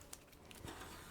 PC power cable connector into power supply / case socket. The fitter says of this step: make sure it clicks in nice and solid